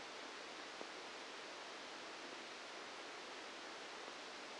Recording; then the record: brain microelectrode recording played as sound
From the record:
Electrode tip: outside the subthalamic nucleus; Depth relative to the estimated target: -3 mm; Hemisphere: left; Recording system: NeuroSet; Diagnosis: Parkinson's disease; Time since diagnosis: 8 years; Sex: male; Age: 65 years